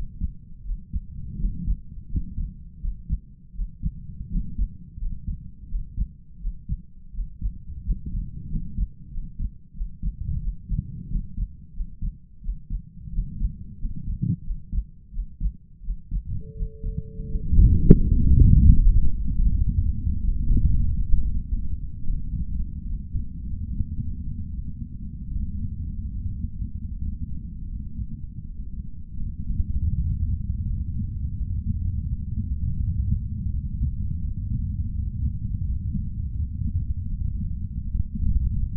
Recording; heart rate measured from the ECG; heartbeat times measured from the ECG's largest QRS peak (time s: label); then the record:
heart sounds by stethoscope; 84 bpm
0.63 s: heartbeat
1.36 s: heartbeat
2.07 s: heartbeat
2.79 s: heartbeat
3.52 s: heartbeat
4.28 s: heartbeat
4.97 s: heartbeat
5.67 s: heartbeat
6.38 s: heartbeat
7.11 s: heartbeat
7.81 s: heartbeat
8.47 s: heartbeat
9.09 s: heartbeat
9.73 s: heartbeat
10.39 s: heartbeat
11.07 s: heartbeat
11.72 s: heartbeat
12.40 s: heartbeat
13.10 s: heartbeat
13.77 s: heartbeat
14.42 s: heartbeat
15.11 s: heartbeat
15.81 s: heartbeat
16.53 s: heartbeat
17.27 s: heartbeat
17.93 s: heartbeat
18.54 s: heartbeat
19.13 s: heartbeat
19.73 s: heartbeat
20.42 s: heartbeat
21.21 s: heartbeat
22.00 s: heartbeat
22.82 s: heartbeat
23.66 s: heartbeat
24.48 s: heartbeat
25.30 s: heartbeat
26.10 s: heartbeat
26.88 s: heartbeat
27.66 s: heartbeat
28.44 s: heartbeat
29.19 s: heartbeat
29.94 s: heartbeat
30.65 s: heartbeat
31.35 s: heartbeat
32.05 s: heartbeat
32.76 s: heartbeat
33.48 s: heartbeat
34.19 s: heartbeat
34.91 s: heartbeat
35.61 s: heartbeat
36.33 s: heartbeat
37.07 s: heartbeat
37.81 s: heartbeat
38.55 s: heartbeat
From the record:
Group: healthy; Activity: rest 0-17 s, Valsalva maneuver 17-39 s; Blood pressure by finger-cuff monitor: 77/50 mmHg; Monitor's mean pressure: 58 mmHg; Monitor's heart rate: 83 bpm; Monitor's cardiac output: 5.3 L/min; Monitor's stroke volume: 64 mL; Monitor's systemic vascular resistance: 640 dyn s/cm5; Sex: male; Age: 22 years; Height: 181 cm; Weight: 60 kg